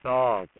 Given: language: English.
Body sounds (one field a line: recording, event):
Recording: throat vibration sensor signal played as sound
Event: speech